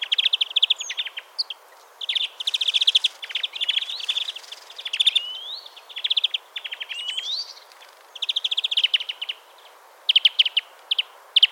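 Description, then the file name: European greenfinch twittering in rapid trilled phrases with short pauses, mixed with a few slurred notes. "Chloris chloris"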